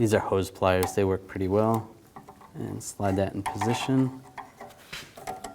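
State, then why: Not seated. Someone talks while a steel return spring on the rear parking brake shoes of a 1999–2007 Chevy Silverado 2500 is slid into position with hose pliers, after the adjuster has gone in first. Faint metallic taps and handling sounds follow near the end. Nothing has seated or clicked yet.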